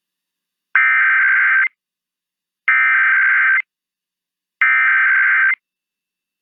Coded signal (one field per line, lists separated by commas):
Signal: Emergency Alert System (SAME) tones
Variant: header bursts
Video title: EAS Required Monthly Test Massachusetts/Illinois Statewide Tests Chicago/Boston +WeatherSTAR4000